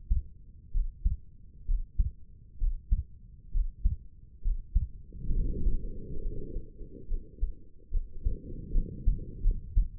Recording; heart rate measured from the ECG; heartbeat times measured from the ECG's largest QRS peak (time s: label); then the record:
heart sounds by stethoscope; 69 bpm
0.71 s: heartbeat
1.65 s: heartbeat
2.58 s: heartbeat
3.51 s: heartbeat
4.41 s: heartbeat
5.31 s: heartbeat
6.21 s: heartbeat
7.07 s: heartbeat
7.90 s: heartbeat
8.72 s: heartbeat
9.41 s: heartbeat
From the record:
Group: healthy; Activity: Valsalva maneuver 0-8 s, rest 8-10 s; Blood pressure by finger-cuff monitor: 115/77 mmHg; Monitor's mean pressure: 88 mmHg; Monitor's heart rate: 66 bpm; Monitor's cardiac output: 4.9 L/min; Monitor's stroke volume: 76 mL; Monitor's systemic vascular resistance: 1300 dyn s/cm5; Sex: female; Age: 22 years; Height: 160 cm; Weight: 45 kg